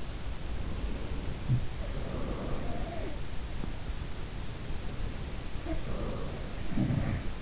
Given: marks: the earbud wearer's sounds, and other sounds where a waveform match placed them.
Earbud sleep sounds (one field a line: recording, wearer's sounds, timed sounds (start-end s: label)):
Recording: sounds in sleep by an in-ear microphone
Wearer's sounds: breath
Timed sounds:
0.48-3.17 s: breath
1.28-3.42 s: sound from someone else or the room
4.47-7.42 s: breath
5.56-7.42 s: sound from someone else or the room